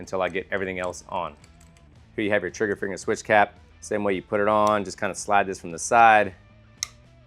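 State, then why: Seated. A plastic trigger-finger switch cap is slid from the side onto a motorcycle's handlebar switch housing while someone talks. It clicks into place with a short, sharp snap at 6.8 s, and the cap is seated.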